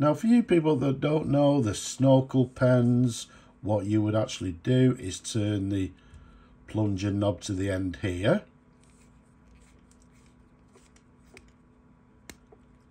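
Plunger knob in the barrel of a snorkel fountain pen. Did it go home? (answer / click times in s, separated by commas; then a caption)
released / 12.3 s. Someone talks for the first eight seconds while turning the plunger knob in the barrel of a Sheaffer Statesman Snorkel fountain pen to the end of its travel. After a few faint ticks in the quiet, a sharp click at 12.3 s signals that the knob has released.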